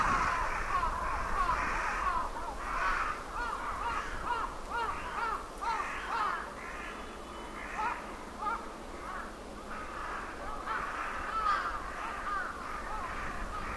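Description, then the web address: Crows calling in a flock, rough caws overlapping and repeating unevenly throughout, with constant low background noise. Crows gathering at their roost on a summer evening in Sannohe. "Sound Effects-Foundation 1 AMBIENCE SANNOHE CROWS"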